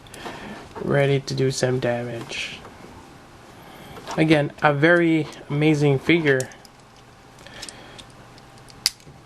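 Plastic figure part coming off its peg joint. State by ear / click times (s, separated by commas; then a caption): released / 8.9 s. A part of a plastic action figure pops off its peg joint while the figure is being handled. Someone talks, then small handling clicks follow, and a sharp plastic snap at 8.9 s marks the part coming free.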